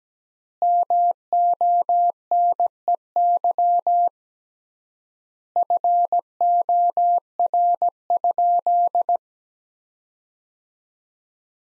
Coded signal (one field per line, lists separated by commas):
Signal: Morse code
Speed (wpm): 17 wpm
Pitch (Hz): 700 Hz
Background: none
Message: MONEY FOR?